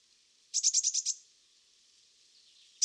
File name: Cyanistes caeruleus